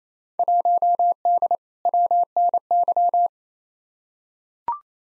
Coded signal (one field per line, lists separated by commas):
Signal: Morse code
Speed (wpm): 28 wpm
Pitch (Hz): 700 Hz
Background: none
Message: 1D WNY